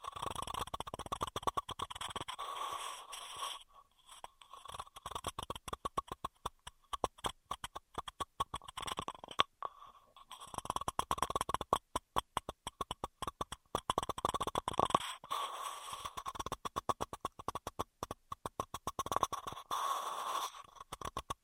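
Intense straw triggers: rapid, dense crackling and clicking bursts, like a straw being crinkled, bent and tapped. The sound comes in busy flurries with a bright edge, broken by short near-silent pauses around four, ten and fifteen seconds.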